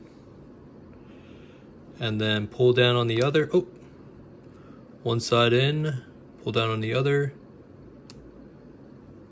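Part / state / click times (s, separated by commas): strap tension bar into watch case lug / seated / 8.1 s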